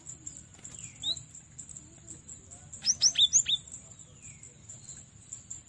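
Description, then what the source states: Cinereous tit: a quick cluster of several thin, very high, clipped notes midway, with a few fainter notes before and after, over a continuous high-pitched whine and soft background hiss. Used as masteran training audio for captive songbirds.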